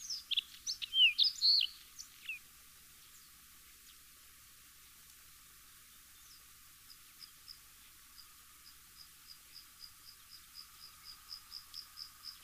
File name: Bluethroat